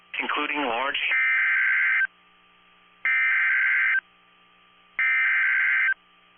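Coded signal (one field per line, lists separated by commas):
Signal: Emergency Alert System (SAME) tones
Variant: header bursts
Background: speech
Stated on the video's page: Real NOAA Weather Radio severe thunderstorm warning for southeastern Berks and northwestern Chester counties, Pennsylvania.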